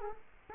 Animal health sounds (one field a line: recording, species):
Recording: mosquito wingbeat signal from an infrared sensor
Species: Culex quinquefasciatus